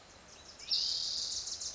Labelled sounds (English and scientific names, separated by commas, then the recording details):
Wilson's Warbler (Cardellina pusilla)
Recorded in Sonoma County, California